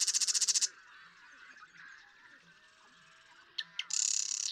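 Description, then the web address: Marsh Wren song: a fast gurgling rattle opens, a pause with chatter, then sharp ticks leading into another buzzy rattling trill. "birdsongforthecurious Marsh Wren"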